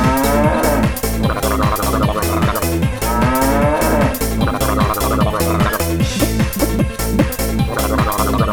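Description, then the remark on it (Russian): A cow moos repeatedly over a steady, pounding rhythmic beat, the low drawn-out calls blending into loud, continuous music-like pulsing throughout. “бык, корову тык, корова мык, спасибо, бык.”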